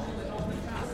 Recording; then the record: background sound without coughing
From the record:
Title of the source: 60 minutes of coffee shop sounds for study and concentration